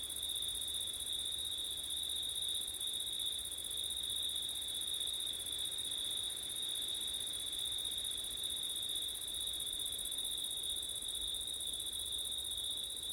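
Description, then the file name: Long unbroken cricket trill at a steady high pitch, a shrill upper band above it, and quiet rustling noise below. Crickets recorded on a September night with wind. "crickets wind september night ortif"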